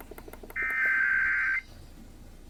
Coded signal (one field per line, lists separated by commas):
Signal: Emergency Alert System (SAME) tones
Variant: header bursts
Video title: Eas svr on KUHF 88.7fm Eas#1015